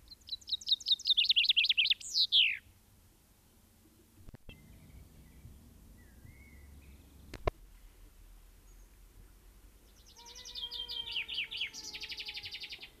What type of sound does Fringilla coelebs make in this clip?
song